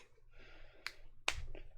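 A plastic cap is pulled off a marker barrel and releases with a sharp click at 1.3 s, and it takes only a little effort to get off. A fainter click comes just before at 0.9 s and a soft tap follows at about 1.6 s over a low background hum.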